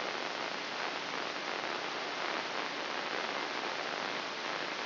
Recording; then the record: brain microelectrode recording played as sound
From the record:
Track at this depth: inside the subthalamic nucleus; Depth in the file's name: 4.11 mm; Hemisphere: left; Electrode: 3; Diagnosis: Parkinson's disease